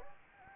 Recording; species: mosquito wingbeat signal from an infrared sensor; Anopheles gambiae